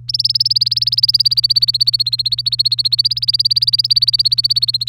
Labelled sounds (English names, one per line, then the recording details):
Domestic Canary song
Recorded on 3 May 2018 at 08:38
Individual llb3